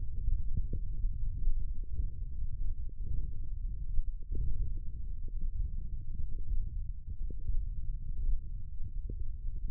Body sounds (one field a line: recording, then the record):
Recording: forearm muscle sounds (acoustic myography)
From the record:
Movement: thumb flexion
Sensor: system 1, eight BSWA MPA416 microphones around the upper forearm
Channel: 6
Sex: male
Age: 21 years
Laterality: right